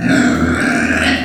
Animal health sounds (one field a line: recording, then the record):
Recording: squeal of a Yucatan mini pig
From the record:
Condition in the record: after surgery on the right vocal fold (resection and tissue-engineered implant)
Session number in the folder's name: 3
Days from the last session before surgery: 21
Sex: female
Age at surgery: 19 weeks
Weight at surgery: 25 kg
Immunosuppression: prednisolone